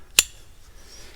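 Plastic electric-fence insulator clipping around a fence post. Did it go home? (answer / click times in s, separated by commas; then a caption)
no / none. A new plastic electric-fence insulator is wrapped around a fence post and pushed to clip on at the back. A single sharp, bright clink sounds at 0.2 s, followed by quiet and a faint tick at 1.2 s. The insulator has not latched or clicked into place, because the post is too long or too wide.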